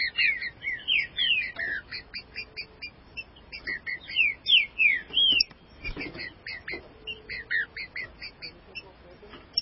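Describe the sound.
Green-winged saltator song: rapid strings of slurred downward whistles repeated throughout, over steady background noise with a brief thud midway.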